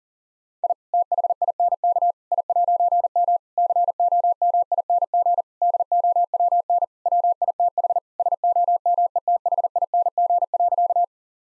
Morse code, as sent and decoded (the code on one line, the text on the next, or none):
.. / - .... .. -. -.- / .. .----. -- / -.-. --- -- .. -. --. / -.. --- .-- -. / .-- .. - .... / ... --- -- . - .... .. -. --. .-.-.-
I THINK I'M COMING DOWN WITH SOMETHING.